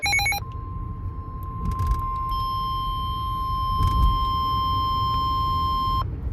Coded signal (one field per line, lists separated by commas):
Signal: Emergency Alert System (SAME) tones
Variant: 1050 Hz attention tone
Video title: “Winter Storm Warning In Now Effect” (EAS 436-442)